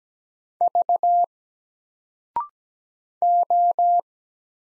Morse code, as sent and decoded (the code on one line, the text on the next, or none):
...- / ---
V O